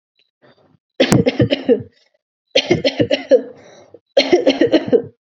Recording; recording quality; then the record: shallow voluntary cough; excellent, no background noise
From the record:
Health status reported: COVID-19 positive, no symptoms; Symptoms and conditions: none ticked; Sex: female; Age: 24 years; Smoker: not ticked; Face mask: not worn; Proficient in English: yes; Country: India